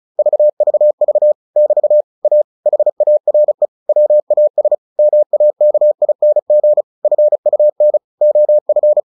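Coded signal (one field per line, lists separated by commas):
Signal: Morse code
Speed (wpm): 36 wpm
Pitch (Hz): 600 Hz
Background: none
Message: VVV <BT> A HARE WAS MAKING FUN OF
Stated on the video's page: Morse headcopy practice of a short story at 35 WPM.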